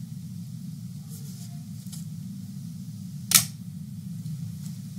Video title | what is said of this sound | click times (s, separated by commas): Upgrading my Dell Inspiron 14 5000 (5493)'s RAM from 8GB to 16GB! | it snapped into place and then definitely | 3.4 s